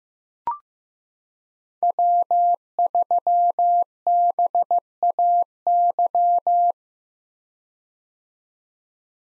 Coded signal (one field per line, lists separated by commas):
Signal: Morse code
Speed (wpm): 16 wpm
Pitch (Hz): 700 Hz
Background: none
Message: W3BAY